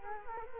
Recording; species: mosquito wingbeat signal from an infrared sensor; Culex quinquefasciatus